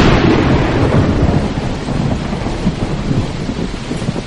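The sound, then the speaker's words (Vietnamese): Low, continuous rumbling thunder rolls on without a break, mixed with the steady roar of a heavy downpour. The sound stays loud and dense throughout, with no voices. “Mưa vẫn như trút nước, dấp sáng sấm rền bất tận”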